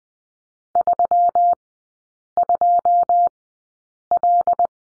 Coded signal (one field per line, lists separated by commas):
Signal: Morse code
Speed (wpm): 19 wpm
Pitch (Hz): 700 Hz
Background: none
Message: 32L